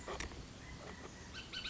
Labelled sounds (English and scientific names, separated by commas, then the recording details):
Bullock's Oriole (Icterus bullockii)
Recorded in Sonoma County, California